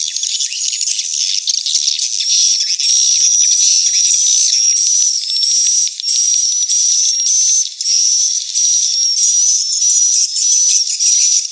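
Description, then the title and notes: Swiftlet calls moving from mixed chattering to a run of high whistled notes broken by short, frequent gaps. Swiftlet house lure sounds, AKAU brand, Tien Giang, Vietnam. "Am thanh nha yen Akau Vietnam - Tien giang. Những âm thanh chim yến thuộc thương hiệu AKAU"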